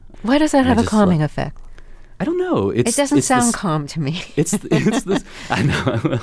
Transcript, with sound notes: Why does that have a calming effect?
I don't know. It's this...
It doesn't sound calm to me (laughter).
It's this - I know